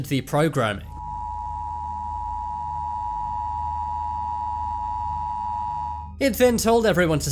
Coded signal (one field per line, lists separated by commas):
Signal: Emergency Alert System (SAME) tones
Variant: 853 and 960 Hz attention tone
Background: speech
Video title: 10 Scary Emergency Alerts Seen on TV